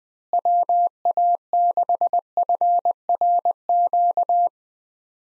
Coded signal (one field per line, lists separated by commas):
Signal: Morse code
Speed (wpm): 20 wpm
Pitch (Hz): 700 Hz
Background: none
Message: WA6FRQ